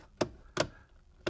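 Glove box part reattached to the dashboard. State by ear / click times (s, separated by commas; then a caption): not seated / none. A part of the glove box on a 2023–2026 Honda HR-V is brought forward and pushed up as it is reattached to the dashboard. Three short, sharp plastic ticks sound at about 0.2, 0.6 and 1.3 seconds. The part has not locked into place yet.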